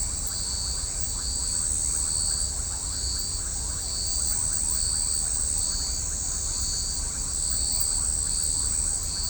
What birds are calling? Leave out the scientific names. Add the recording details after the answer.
none. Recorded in shrubland near Pivijay, Magdalena, Colombia, on 4 June 2023 at 19:00. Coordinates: 10.453, -74.365. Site P5-G022